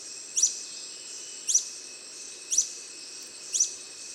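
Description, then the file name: Long-billed hermit calls: a sharp high squeaky note repeated about once a second, four times, over a steady high hiss. "Golosa ptic - Dlinnoklyuvyj solnechnyj kolibri Phaethornis longirostris"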